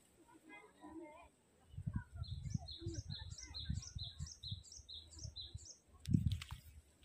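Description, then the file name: Great tit song: a clear two-note high-low phrase repeated several times in a steady rhythm, with low rumbling thuds and a faint steady high hiss throughout. Recorded on 9 April 2023. "Parus-majorv-2023-04-09"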